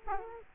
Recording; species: mosquito wingbeat signal from an infrared sensor; Culex quinquefasciatus